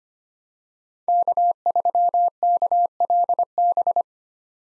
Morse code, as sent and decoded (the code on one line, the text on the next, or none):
-.- ...-- -.- .-.. -...
K3KLB